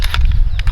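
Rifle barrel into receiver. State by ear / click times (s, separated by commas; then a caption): seated / 0.1 s. A 9 mm rifle barrel is slid into the receiver of a caliber-swappable firearm until it locks, producing a quick burst of sharp metallic hits over a low rumbling background. The loudest hit, at 0.1 s, marks the barrel locking into place, and the barrel is seated.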